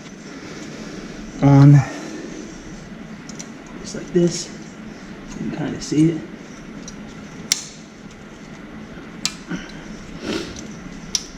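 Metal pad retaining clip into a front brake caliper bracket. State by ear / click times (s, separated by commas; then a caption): seated / 7.5 s, 9.2 s, 11.1 s. Metal brake pad retaining (abutment) clips are slid onto the front brake caliper bracket of a 1998–2002 Honda with the J30 V6 engine and pushed until they snap into place. Someone talks, with soft metal handling noises, then sharp clicks at 7.5, 9.3 and 11.2 seconds. The snap shows the clips are seated properly.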